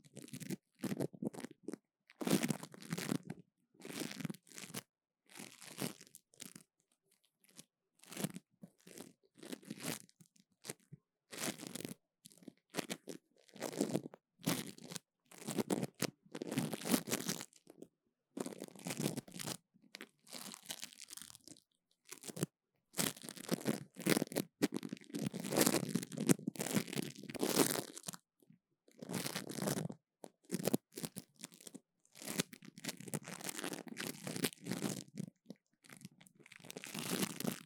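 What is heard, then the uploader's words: Sticky sounds of something peeling and pulling apart, heard as short crackling, tearing bursts that start and stop irregularly with brief silences between them. The bursts are rough and bright, and they run longer and busier from around 23 to 28 seconds. 黏答答的聲音 | Sticky Sounds. No Talking.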